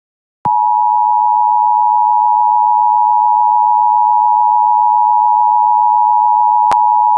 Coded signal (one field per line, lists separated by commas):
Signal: Emergency Alert System (SAME) tones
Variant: 853 and 960 Hz attention tone